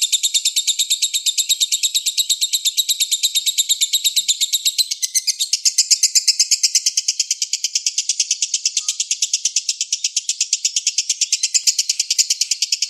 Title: Kicau Kacer Durasi Panjang 1jam Lebih